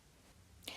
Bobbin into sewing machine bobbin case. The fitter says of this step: The Click is really important because it tells you it's securely placed in the bobbing case